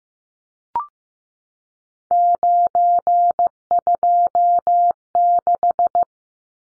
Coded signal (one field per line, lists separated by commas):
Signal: Morse code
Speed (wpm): 15 wpm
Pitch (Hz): 700 Hz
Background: none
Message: 926